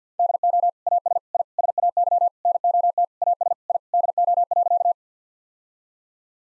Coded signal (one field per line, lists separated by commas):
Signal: Morse code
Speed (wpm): 49 wpm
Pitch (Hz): 700 Hz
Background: none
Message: DO AS I SAY NOT AS I DO.